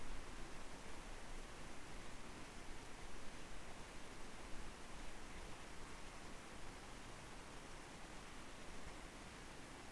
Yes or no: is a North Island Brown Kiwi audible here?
no